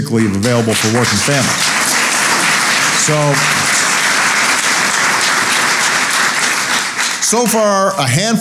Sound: applause